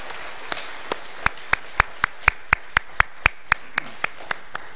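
A church audience claps together in a steady, even rhythm, roughly four sharp claps per second, over a soft wash of crowd noise with no talking, applauding the choir, orchestra and church workers.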